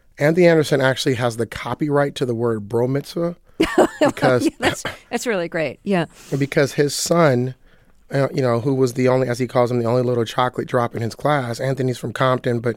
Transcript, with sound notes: Anthony Anderson actually has the copyright to the word bro mitzvah... (Laughter) ...Because...
That's really great. Yeah.
...Because his son, you know, who was the only - as he calls him - the only little chocolate drop in his class - Anthony's from Compton.